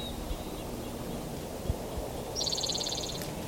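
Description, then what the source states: Spotted Towhee song: a thin high note, a pause, then a clear dry buzzy trill lasting under a second, against steady low background hiss and rumble. Fourth song, bird singing low from a manzanita, Stanislaus National Forest, 5 May 2018.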